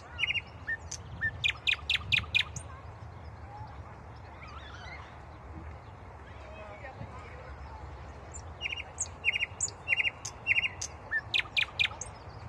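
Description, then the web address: Common nightingale song: a run of loud repeated notes with sharp high clicks, a pause of several seconds, then a second similar phrase of evenly spaced notes. "rossignol ordinaire chant du rossignol"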